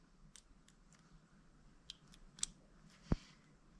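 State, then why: Seated. A crimped wire terminal pin is pushed through the rubber seal end of a plastic Deutsch-style sealed multi-pin connector block for a Harley-Davidson Ultra Classic Tour-Pak quick-disconnect wiring loom. Faint ticks at 0.4 s and 1.9 s lead to a sharp, bright click at 2.4 s as the pin locks into place, followed by a duller knock at 3.1 s. The pin is confirmed seated.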